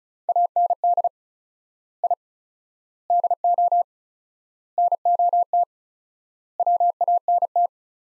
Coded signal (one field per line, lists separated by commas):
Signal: Morse code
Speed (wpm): 34 wpm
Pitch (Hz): 700 Hz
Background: none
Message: AND I DO NOT WANT